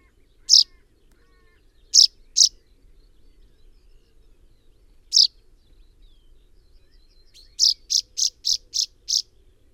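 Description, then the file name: Common chaffinch sharp clipped calls, a lone note, then a close pair, then another lone note, followed by a rapid burst of six evenly spaced notes. "Fringilla coelebs"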